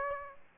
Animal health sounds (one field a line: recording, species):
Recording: mosquito wingbeat signal from an infrared sensor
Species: Aedes aegypti